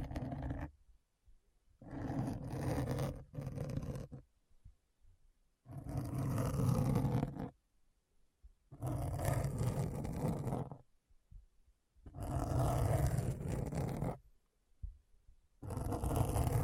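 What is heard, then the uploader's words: Deep, rough scratching comes in long bursts of about one to two seconds, with near-silent gaps between them. Each burst is dense and grating, heavy in the low end with a hiss above, and some swell like a growling roar. ASMR Deep Brain Scratch (No Talking).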